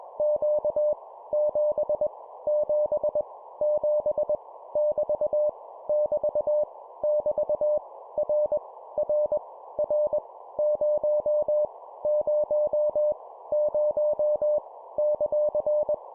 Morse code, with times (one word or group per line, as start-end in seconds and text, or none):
0.2-0.9 Q
1.3-2.1 7
2.5-3.2 7
3.6-4.4 7
4.8-5.5 <BT>
5.9-6.6 <BT>
7.0-7.8 <BT>
8.2-8.6 R
9.0-9.4 R
9.8-10.2 R
10.6-11.7 0
12.1-13.1 0
13.5-14.6 0
15.0-15.9 ;